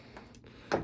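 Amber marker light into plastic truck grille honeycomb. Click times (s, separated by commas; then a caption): 0.7 s. A small amber marker light is pushed into a honeycomb opening of a plastic aftermarket TRD Pro-style grille for a 2001–2004 first-generation Toyota Sequoia. After faint light ticks, a sharp, loud snap at 0.7 s marks the light seating in the grille.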